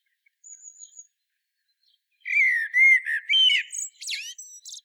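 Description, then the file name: Common blackbird song: a thin high whistle, then a bold phrase of smooth fluty notes ending in a harsh high squeaky twitter. "Turdus merula"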